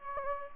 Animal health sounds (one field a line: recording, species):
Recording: mosquito wingbeat signal from an infrared sensor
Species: Anopheles gambiae